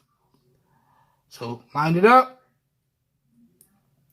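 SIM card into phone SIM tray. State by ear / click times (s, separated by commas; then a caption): seated / 3.6 s. A SIM card is lined up in a Google Pixel 3 XL's SIM tray and pressed in while someone talks. After a quiet pause, a short, sharp click at 3.6 s marks the card seating in the tray.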